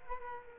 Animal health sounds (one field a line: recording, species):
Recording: mosquito wingbeat signal from an infrared sensor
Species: Culex quinquefasciatus